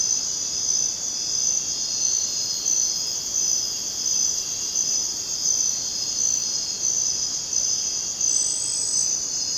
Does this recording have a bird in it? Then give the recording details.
no. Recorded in dense forest near Puerto Asís, Putumayo, Colombia, on 22 June 2025 at 22:30. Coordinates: 0.484, -76.317. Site G045